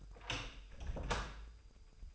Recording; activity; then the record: daily activity, microphone in the room; open door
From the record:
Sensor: 2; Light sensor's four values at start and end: 11/27/11/12 and 11/26/11/12